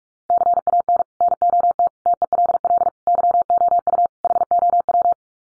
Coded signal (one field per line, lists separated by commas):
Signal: Morse code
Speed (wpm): 44 wpm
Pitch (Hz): 700 Hz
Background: none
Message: CAN NOT TELL YOU HOW